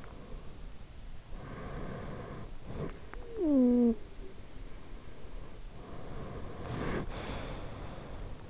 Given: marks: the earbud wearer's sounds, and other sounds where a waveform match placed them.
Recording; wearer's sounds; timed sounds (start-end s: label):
sounds in sleep by an in-ear microphone; snoring breath
1.42-4.25 s: snoring breath
5.89-8.50 s: snoring breath